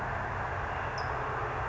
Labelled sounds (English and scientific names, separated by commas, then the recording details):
California Towhee (Melozone crissalis)
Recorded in Sonoma County, California